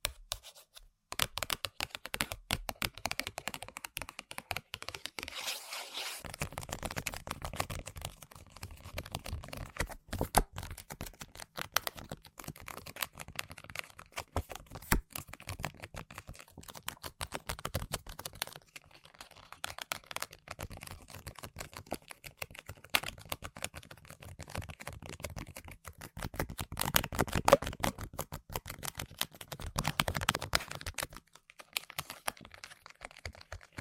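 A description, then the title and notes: Dense, rapid tapping and scratching on objects, with crisp clicks and brief louder bursts throughout. ASMR Tapping & Scratching On Random Objects (No Talking).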